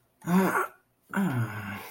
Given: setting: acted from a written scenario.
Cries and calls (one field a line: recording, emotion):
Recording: vocal sound without words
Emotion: contentment